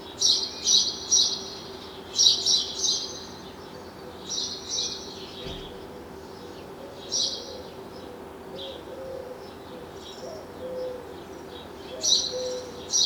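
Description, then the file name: House sparrow chirping, quick runs of loud repeated chirps that come and go, faint chirps continuing between the bursts. "Passer domesticus"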